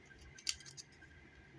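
A plastic panel on a Transformers Studio Series 06 2007 Voyager Class Starscream toy is pressed into its slot in the body. A single sharp click is heard at 0.5 s, and the part taps into place, seated.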